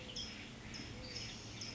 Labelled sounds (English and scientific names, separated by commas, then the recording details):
California Towhee (Melozone crissalis)
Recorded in Sonoma County, California